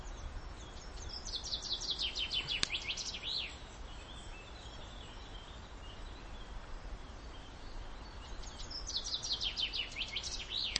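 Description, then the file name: Common chaffinch song: two bursts of rapid, descending, rattling notes, separated by several seconds of low background noise. "Fringilla coelebs"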